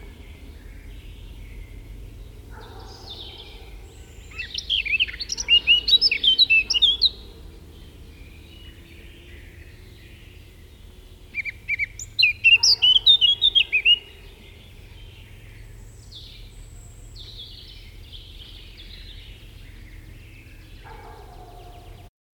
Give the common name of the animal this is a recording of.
Eurasian Blackcap